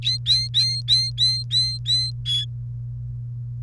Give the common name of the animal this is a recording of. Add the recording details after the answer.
Domestic Canary. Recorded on 1 May 2018 at 14:35. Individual llb3